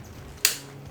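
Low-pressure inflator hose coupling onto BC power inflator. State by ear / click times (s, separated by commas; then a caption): seated / 0.5 s. A diver pulls back the sleeve of a low-pressure inflator hose quick-disconnect coupling and pushes it onto the BC power inflator nipple. A single sharp click is heard at 0.5 s against a quiet background. The coupling seats and is confirmed connected.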